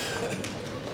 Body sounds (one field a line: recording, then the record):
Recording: coughing mixed with background sound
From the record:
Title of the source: Cough Around the Clock!